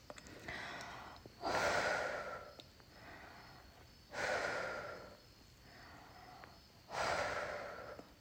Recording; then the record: deep breathing after running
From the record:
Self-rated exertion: moderate exertion (3 of 6); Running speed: 7 miles an hour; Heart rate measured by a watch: 130 beats a minute at the start, 128 at the end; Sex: female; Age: 28 years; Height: 155 cm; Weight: 44 kg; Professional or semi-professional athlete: no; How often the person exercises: 3 to 5 times a week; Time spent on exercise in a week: over 5 hours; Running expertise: yes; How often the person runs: 3 to 5 times a week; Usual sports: running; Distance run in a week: 45 km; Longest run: 32 km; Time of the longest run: 200 minutes